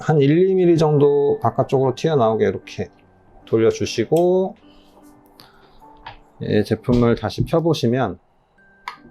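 Someone talks while the adjuster on an X1 Drive 2 kick scooter's folding joint lock is turned outward about one turn and the scooter stem is about to be unfolded again, with a few faint handling sounds between phrases. The clip ends before the folding joint clicks locked; nothing has seated yet.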